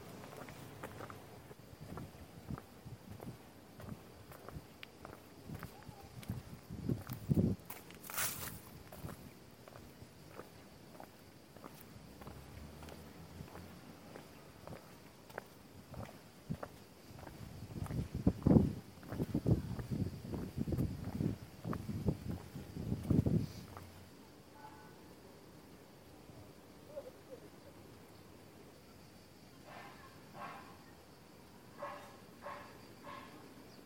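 In Taormina, Sicily, footsteps and scattered clatter thicken around twenty seconds, then thin out, over a steady high whine and brief chirps near the end.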